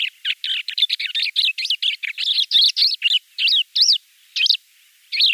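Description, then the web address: Lesser short-toed lark singing a fast run of short chirped and rising-falling notes, tightly packed at first, then spaced out into separate notes. "Schulze Peter Lesser Short-toed Lark"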